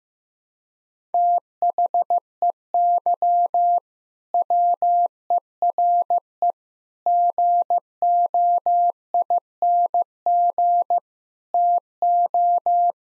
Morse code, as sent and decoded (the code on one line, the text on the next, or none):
- .... . -.-- / .-- . .-. . / --. --- .. -. --. / - ---
THEY WERE GOING TO